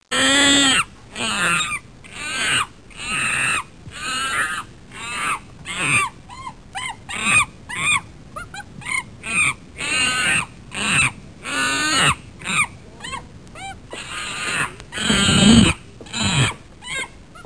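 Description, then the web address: Monkey screams: a long series of harsh, shrill, wavering shrieks, some rising and falling, repeated in quick bursts with brief gaps. "Soundsation. Animals Monkey"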